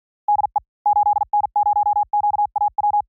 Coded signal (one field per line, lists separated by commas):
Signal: Morse code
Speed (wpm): 48 wpm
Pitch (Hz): 830 Hz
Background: none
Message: DE 8N0QAW